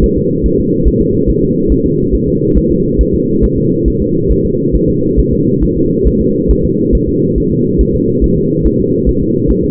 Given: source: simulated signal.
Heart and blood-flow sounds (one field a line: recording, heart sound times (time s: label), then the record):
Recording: fetal heart sounds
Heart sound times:
0.04 s: S1
0.18 s: S2
0.46 s: S1
0.60 s: S2
0.88 s: S1
1.01 s: S2
1.30 s: S1
1.43 s: S2
1.72 s: S1
1.86 s: S2
2.15 s: S1
2.28 s: S2
2.58 s: S1
2.71 s: S2
3.01 s: S1
3.15 s: S2
3.44 s: S1
3.58 s: S2
3.88 s: S1
4.02 s: S2
4.32 s: S1
4.45 s: S2
4.75 s: S1
4.89 s: S2
5.19 s: S1
5.33 s: S2
5.63 s: S1
5.77 s: S2
6.07 s: S1
6.21 s: S2
6.51 s: S1
6.65 s: S2
6.95 s: S1
7.09 s: S2
7.38 s: S1
7.52 s: S2
7.81 s: S1
7.95 s: S2
8.24 s: S1
8.38 s: S2
8.66 s: S1
8.80 s: S2
9.09 s: S1
9.23 s: S2
9.51 s: S1
9.64 s: S2
From the record:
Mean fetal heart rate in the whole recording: 140 bpm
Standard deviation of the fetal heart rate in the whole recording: 2 bpm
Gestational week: 34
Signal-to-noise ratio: -11.2 dB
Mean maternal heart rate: 72 bpm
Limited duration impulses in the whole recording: present